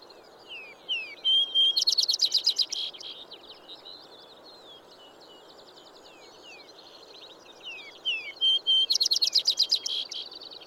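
Vesper sparrow sings twice, about seven seconds apart, each song opening with whistles and ending in a fast, ringing trill, with soft bird chatter and hiss between.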